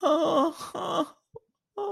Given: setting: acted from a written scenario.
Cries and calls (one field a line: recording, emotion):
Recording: vocal sound without words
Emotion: sadness